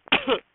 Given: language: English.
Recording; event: throat vibration sensor signal played as sound; cough